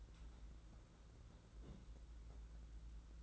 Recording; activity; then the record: daily activity, microphone in the room; place on stove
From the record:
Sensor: 3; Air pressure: 992.0 hPa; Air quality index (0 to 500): 228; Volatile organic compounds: 1000 ppm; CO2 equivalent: 7852 ppm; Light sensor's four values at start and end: 24/73/30/25 and 24/73/30/25